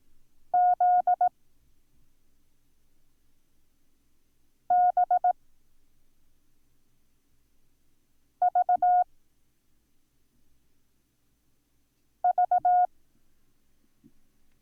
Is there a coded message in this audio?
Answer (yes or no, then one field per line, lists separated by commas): yes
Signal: Morse code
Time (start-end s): 0.5-12.9 s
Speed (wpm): 18 wpm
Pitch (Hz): 720 Hz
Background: none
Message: Z B V V